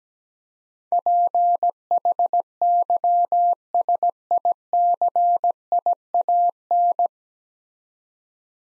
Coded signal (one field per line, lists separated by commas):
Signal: Morse code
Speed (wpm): 17 wpm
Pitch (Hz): 700 Hz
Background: none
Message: PHYSICIAN